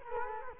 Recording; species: mosquito wingbeat signal from an infrared sensor; Culex quinquefasciatus